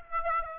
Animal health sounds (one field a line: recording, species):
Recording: mosquito wingbeat signal from an infrared sensor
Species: Aedes aegypti